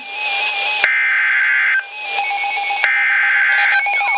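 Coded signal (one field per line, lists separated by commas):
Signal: Emergency Alert System (SAME) tones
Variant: header bursts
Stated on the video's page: Flash Flood Warning and Severe Thunderstorm Warning received from NOAA Weather Radio station serving Milwaukee, Wisconsin.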